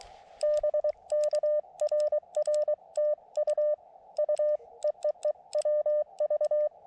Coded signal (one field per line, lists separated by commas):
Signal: Morse code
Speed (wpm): 23 wpm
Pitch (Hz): 600 Hz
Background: none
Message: BK RR TU U EEE WV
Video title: CW POTA/SOTA at Connecticut Hill Wildlife Management Area with the Elecraft KX2